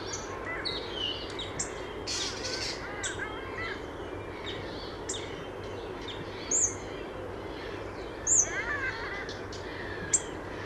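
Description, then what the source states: Common Nightingale song: varied high notes among a busy chorus of other birds. One of the first nightingales of spring, singing low down by a willow; early May or possibly the last days of April.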